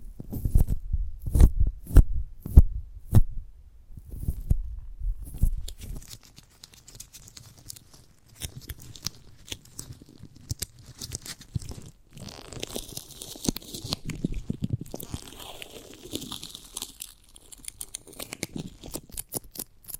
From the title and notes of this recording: ASMR of a Giant Gummy Bear (No Talking).